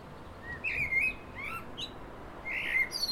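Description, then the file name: Common blackbird singing mellow, warbled whistles that slur up and down, several short notes ending in thin high twitters, over a faint background hiss. "Turdus merula"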